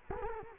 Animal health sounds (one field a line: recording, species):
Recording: mosquito wingbeat signal from an infrared sensor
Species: Culex quinquefasciatus